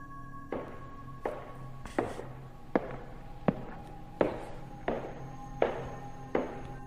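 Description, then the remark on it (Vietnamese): Slow, even footsteps at night, about ten heavy thuds spaced evenly under a second apart and coming steadily closer, each with a short ringing tail, over a low steady hum with no voices. “Tiếng bước chân vẫn vang lên đều đều, càng lúc càng tiến gần về phía tôi.”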